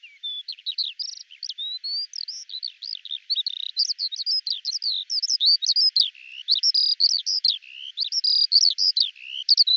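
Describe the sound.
Eurasian skylark song, a long unbroken stream of rapid, high chirps, trills and slurred notes, shifting pitch constantly and never pausing.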